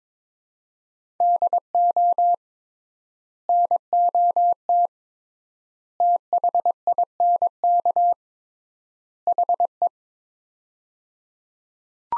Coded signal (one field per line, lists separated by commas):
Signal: Morse code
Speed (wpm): 22 wpm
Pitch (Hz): 700 Hz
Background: none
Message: DO NOT THINK HE